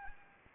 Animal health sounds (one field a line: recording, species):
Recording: mosquito wingbeat signal from an infrared sensor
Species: Anopheles gambiae